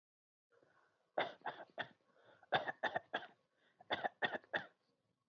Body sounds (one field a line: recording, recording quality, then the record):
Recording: shallow voluntary cough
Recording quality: excellent, no background noise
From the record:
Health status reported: COVID-19 positive, mild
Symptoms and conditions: none ticked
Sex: male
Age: 23 years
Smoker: not ticked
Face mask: not worn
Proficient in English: yes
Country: India